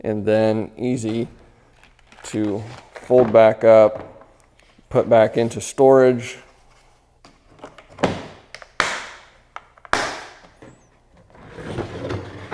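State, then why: Seated. Someone talks while a plastic tool kit case is folded closed for storage, and its two latches snap shut with sharp clicks at 8.8 s and 9.9 s. Softer knocks and rustling follow.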